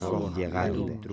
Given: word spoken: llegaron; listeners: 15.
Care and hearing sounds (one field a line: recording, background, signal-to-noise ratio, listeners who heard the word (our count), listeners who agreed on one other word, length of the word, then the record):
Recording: one Spanish word in noise, from a listening test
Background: four-talker babble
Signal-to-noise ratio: -1.1 dB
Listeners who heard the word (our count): 0 of 15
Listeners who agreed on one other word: 12 of 15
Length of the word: 0.73 s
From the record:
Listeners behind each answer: 12, 1, 1, 1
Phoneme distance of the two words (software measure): 14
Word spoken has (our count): 3 syllables, 7 phonemes, stress on syllable 2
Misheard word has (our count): 2 syllables, 5 phonemes, stress on syllable 2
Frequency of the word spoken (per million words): 60.42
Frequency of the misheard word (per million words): 242.88